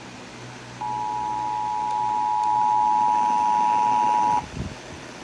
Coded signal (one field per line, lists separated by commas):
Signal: Emergency Alert System (SAME) tones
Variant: 853 and 960 Hz attention tone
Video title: Amber alert for Florida (EAS 2 on Radio)